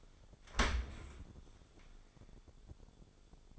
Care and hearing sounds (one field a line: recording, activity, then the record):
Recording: daily activity, microphone in the room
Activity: open dishwasher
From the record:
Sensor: 5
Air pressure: 1015.0 hPa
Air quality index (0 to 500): 132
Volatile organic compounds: 3 ppm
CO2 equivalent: 1420 ppm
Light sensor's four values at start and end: 37/88/36/38 and 37/89/36/40